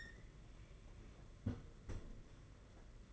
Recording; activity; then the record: daily activity, microphone in the room; close fridge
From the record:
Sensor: 4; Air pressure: 992.7 hPa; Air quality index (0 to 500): 168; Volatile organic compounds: 235 ppm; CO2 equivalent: 4319 ppm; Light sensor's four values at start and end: 19/65/24/25 and 19/66/24/25